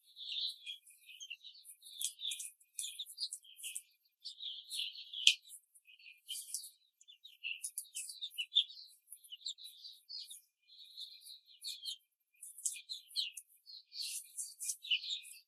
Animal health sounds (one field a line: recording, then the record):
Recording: young laying hens in a cage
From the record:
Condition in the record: control cage, before the stress test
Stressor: none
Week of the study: 4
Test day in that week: 3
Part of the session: 2